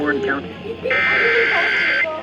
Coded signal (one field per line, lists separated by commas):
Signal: Emergency Alert System (SAME) tones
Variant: header bursts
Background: speech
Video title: EAS/NWR Alert or message #1183-1186: Severe Thunderstorm Warnings #81 and 82